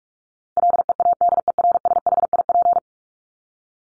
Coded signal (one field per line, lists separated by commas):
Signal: Morse code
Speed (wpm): 44 wpm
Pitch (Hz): 700 Hz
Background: none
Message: LEADERSHIP